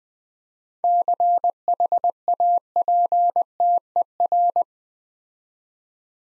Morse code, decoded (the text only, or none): CHAPTER